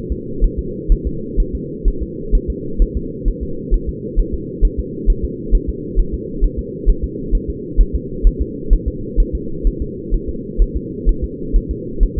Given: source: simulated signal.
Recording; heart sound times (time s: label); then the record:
fetal heart sounds
0.12 s: S2
0.44 s: S1
0.59 s: S2
0.92 s: S1
1.07 s: S2
1.40 s: S1
1.55 s: S2
1.88 s: S1
2.03 s: S2
2.35 s: S1
2.50 s: S2
2.82 s: S1
2.97 s: S2
3.28 s: S1
3.43 s: S2
3.74 s: S1
3.89 s: S2
4.20 s: S1
4.34 s: S2
4.65 s: S1
4.79 s: S2
5.10 s: S1
5.25 s: S2
5.55 s: S1
5.70 s: S2
5.99 s: S1
6.14 s: S2
6.44 s: S1
6.59 s: S2
6.89 s: S1
7.04 s: S2
7.35 s: S1
7.50 s: S2
7.81 s: S1
7.95 s: S2
8.27 s: S1
8.42 s: S2
8.73 s: S1
8.88 s: S2
9.20 s: S1
9.35 s: S2
9.67 s: S1
9.82 s: S2
10.14 s: S1
10.29 s: S2
10.62 s: S1
10.76 s: S2
11.09 s: S1
11.24 s: S2
11.56 s: S1
11.71 s: S2
12.03 s: S1
12.18 s: S2
From the record:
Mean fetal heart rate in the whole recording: 130 bpm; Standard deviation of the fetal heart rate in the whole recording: 4 bpm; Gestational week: 38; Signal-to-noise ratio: -4.3 dB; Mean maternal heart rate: 72 bpm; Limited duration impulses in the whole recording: present